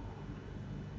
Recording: background sound without coughing